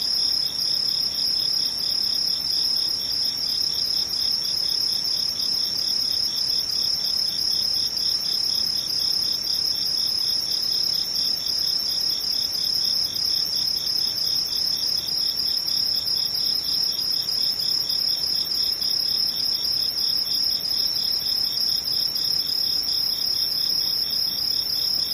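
Insects trill in a dense, unbroken chorus of high, pulsing chirps that stays steady and close throughout, with a faint low hiss beneath.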